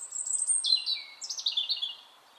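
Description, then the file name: European robin song: high, thin warbling phrases that slide downward, then a second run of bright trilled notes, fading out at the end. "Erithacus rubecula"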